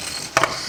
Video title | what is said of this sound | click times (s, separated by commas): Canning Leftover Soup for Convenience Meals - #canuary2024 | once you've pushed down your regulator you'll hear it snap in place | 0.4 s